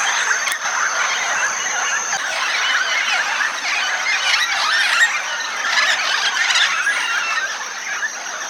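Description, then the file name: Red-tailed amazon calls: a dense, unbroken wash of harsh squawks and screeches, with a thin steady high whine running throughout. Recorded at Itanhaém, São Paulo state, Brazil. "Amazona-brasiliensis 3-RCastro-Itanhaem SP. ASilveira"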